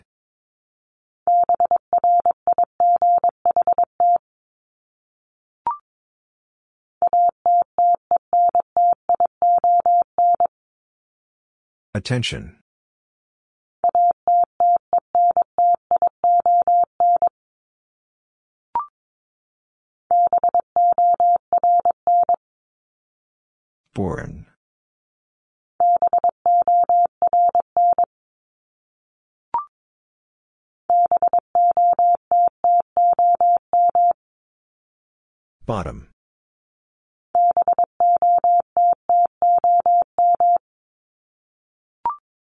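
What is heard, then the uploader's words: A word is sent in Morse code as a steady mid-pitched beep, keyed in quick dots and dashes. The pattern repeats in groups about every six seconds, separated by silences broken by soft clicks and brief hissy bursts near 12, 24 and 36 seconds. Top 751-1000 Words 22wpm. First, the word is sent in Morse code.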